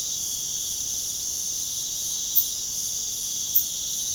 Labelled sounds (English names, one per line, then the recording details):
none
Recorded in pastures near Puerto Asís, Putumayo, Colombia, on 30 June 2025 at 01:00
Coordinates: 0.497, -76.327
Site G040